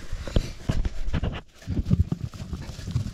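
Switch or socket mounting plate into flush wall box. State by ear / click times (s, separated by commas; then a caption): not seated / none. A plastic Legrand Céliane switch or socket mounting plate, already fitted over the wires, is handled at a flush wall box before being pushed in to clip so it no longer moves. Short knocks and handling noises come at about 0.4, 0.9, 1.2 and 2.9 seconds over a low rustling background. Nothing has seated or clicked yet.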